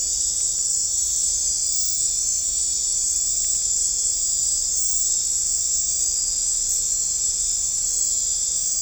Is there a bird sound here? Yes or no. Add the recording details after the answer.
no. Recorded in dense forest near Puerto Asís, Putumayo, Colombia, on 16 December 2024 at 02:00. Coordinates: 0.499, -76.324. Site G045